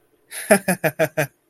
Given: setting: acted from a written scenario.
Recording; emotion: vocal sound without words; amusement